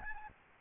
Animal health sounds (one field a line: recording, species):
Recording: mosquito wingbeat signal from an infrared sensor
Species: Aedes albopictus